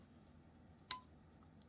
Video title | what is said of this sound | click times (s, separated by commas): How to Terminate Cat 6 Connectors & Cable Matters connector Tests | I did. I heard a click. | 0.9 s